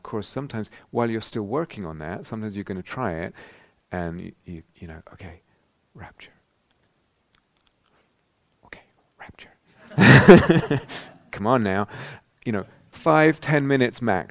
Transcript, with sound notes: Now of course, while you're still working on that, sometimes you're going to try it, and you know, "Okay, 'rapture!'... Okay, 'rapture!'" [laughter] "Come on, now!" You know, five, ten minutes max.